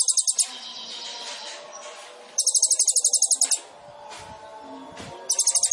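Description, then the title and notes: Sunbird song: fast buzzy high trills in short bursts, separated by softer sounds. Indonesian masteran training recording for songbirds; described as full of varied notes (isian) and bursts (tembakan), suited as a lure (pancingan); bird described as gacor (singing vigorously). "MASTERAN KOLIBRI NINJA TERBAIK FULL ISIAN DAN TEMBAKAN MEWAH COCOK BUAT PANCINGAN. Suara Burung Kolibri Ninja Gacor"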